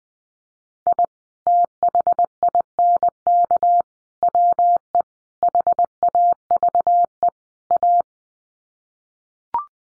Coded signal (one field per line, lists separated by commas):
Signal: Morse code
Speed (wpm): 20 wpm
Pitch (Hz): 700 Hz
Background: none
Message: I THINK WE HAVE A